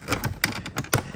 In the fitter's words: in order to pop them out. But that pops out.